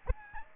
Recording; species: mosquito wingbeat signal from an infrared sensor; Aedes albopictus